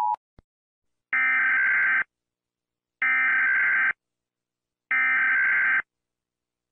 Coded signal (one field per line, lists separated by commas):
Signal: Emergency Alert System (SAME) tones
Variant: header bursts